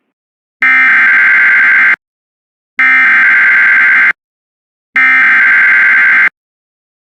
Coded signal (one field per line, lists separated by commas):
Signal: Emergency Alert System (SAME) tones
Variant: header bursts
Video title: EAS #276 Severe Thunderstorm Warning On WJON-IP